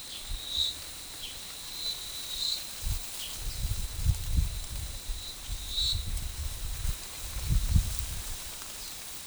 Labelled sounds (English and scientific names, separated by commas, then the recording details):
none
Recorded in forest near Pivijay, Magdalena, Colombia, on 16 April 2023 at 10:00
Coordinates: 10.467, -74.380
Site Z5-G034